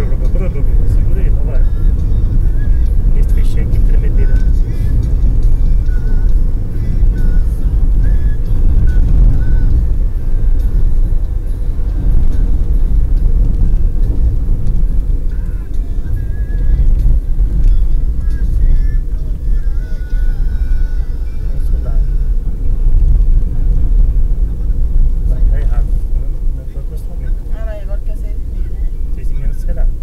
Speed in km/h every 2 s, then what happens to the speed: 71, 71, 71, 71, 69, 65, 60, 53, 45, 41, 42, 43, 41, 38, 35.
0-9 steady at about 71. 9-18 slows to 41. 22-30 slows to 35.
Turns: none.